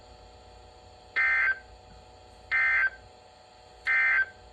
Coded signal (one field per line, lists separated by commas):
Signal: Emergency Alert System (SAME) tones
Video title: EAS 2043-2054 (8/20 - 8/31/22)